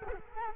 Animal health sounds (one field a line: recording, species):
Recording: mosquito wingbeat signal from an infrared sensor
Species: Culex quinquefasciatus